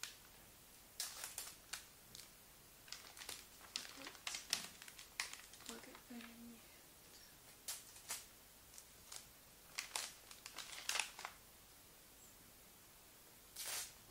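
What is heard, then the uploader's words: Gift wrapping paper crinkles in short, sharp bursts, irregular and bright, with quiet gaps and a faint low rustle around six seconds. ASMR Role play - Helpful elf - wrapping gifts - paper - crinkle.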